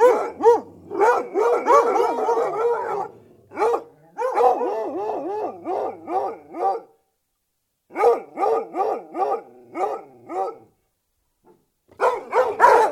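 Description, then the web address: Dogs barking in a pack, bursts of rapid yelping barks separated by short pauses, several hounds overlapping. Hunting hounds growling and barking at the kennels, close perspective. "Sound Effects-BBC. hunting hounds growling and barking close perspective recorded at the kennels"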